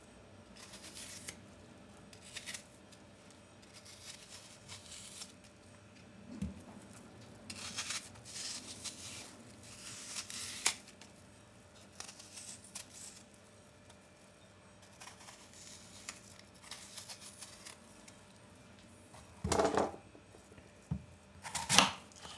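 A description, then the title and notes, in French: Apples are peeled and cut in a small kitchen: soft scraping strokes every second or two, a faint steady hum, then sharper knocks near the end. Une recette sonore d'une compote de pommes.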